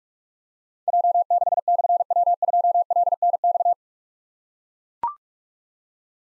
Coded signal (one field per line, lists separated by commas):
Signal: Morse code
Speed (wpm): 44 wpm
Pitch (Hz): 700 Hz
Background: none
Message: J6/W2LNX